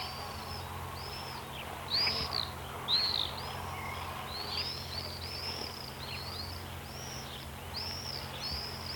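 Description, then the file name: Common swift screams: shrill, buzzy, high screeches in scattered bursts, some overlapping from several birds, over a steady low hum. "striz chern"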